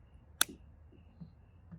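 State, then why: Seated. A plastic cap is pushed back onto a felt-tip marker after coloring. One sharp snap at 0.4 s shows the cap is on tight, and faint softer knocks follow in a quiet background.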